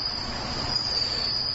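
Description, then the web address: Bell cricket giving an unbroken, high, ringing tone over steady background noise. Bell cricket recorded with morning glories on 29 August 2015. "鈴虫さんと朝顔 H 27 8 29"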